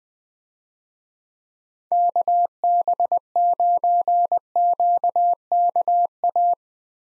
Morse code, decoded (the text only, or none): KB9QKA